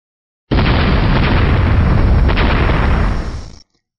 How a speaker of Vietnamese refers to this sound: Toàn bộ ngọn núi khổng lồ sụp đổ ầm ầm, vô số đá tảng, đá vụn lăn rơi xuống bao phủ tiểu sơn cốc vào.